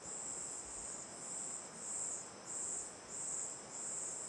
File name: Ambiencia olhando para boca da caverna terra ronca 1 a noite, coro de cigarras e grilos, rio a esquerda